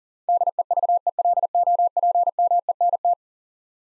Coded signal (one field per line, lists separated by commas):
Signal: Morse code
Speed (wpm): 40 wpm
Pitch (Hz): 700 Hz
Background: none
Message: DEVELOPMENT